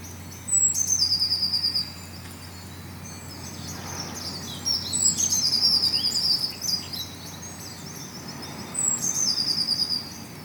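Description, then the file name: Eurasian blue tit song: three phrases of a high thin whistle and a fast ringing trill, with softer chirps between them. "Cyanistes caeruleus"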